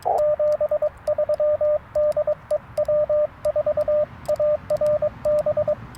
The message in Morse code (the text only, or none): 73 DE W4ARB